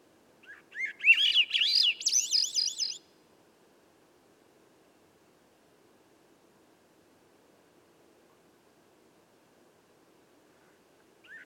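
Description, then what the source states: Swainson's thrush song: one upward-spiralling phrase of fluty, rolling notes climbing from low to high, lasting about two and a half seconds, followed by long silence and a soft note at the end. Single bird singing at dusk by a campsite, about 3 m up a red alder 9 m away, clearing edge among young western hemlock and redcedar; other birds silent; Sound Devices MixPre6 recorder.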